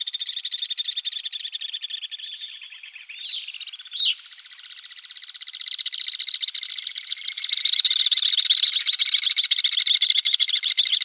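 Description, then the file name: Alpine swift trilling calls, long rapid chattering trills that swell and fade, with a second trill overlapping and growing louder toward the end. "rondone maggiore"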